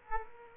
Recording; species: mosquito wingbeat signal from an infrared sensor; Aedes aegypti